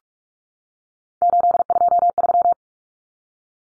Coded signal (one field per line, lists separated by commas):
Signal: Morse code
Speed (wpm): 44 wpm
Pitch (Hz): 700 Hz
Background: none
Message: 823